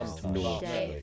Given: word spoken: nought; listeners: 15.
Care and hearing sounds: one English word in noise, from a listening test; four-talker babble; -1.8 dB; 1 of 15; 6 of 15; 0.62 s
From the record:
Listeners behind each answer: 6, 1, 1, 1, 1, 1, 1, 1, 1, 1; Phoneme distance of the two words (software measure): 10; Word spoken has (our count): 1 syllable, 3 phonemes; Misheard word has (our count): 1 syllable, 3 phonemes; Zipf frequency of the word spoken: 3.15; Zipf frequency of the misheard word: 5.32

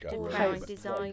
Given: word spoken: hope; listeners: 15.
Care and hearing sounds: one English word in noise, from a listening test; four-talker babble; 0.8 dB; 5 of 15; 7 of 15; 0.73 s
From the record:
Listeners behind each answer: 7, 5, 1, 1, 1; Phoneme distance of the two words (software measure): 10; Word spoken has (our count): 1 syllable, 3 phonemes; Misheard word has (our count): 1 syllable, 3 phonemes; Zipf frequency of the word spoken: 5.56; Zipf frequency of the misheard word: 4.28

